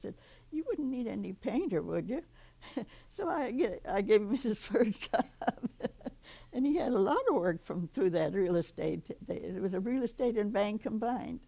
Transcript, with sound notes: I said, "You wouldn't need any painter, would you?" [chuckles] So I get — I gave him his first job. [laughs] And he had a lot of work from — through that real estate — it was a real estate and bank combined.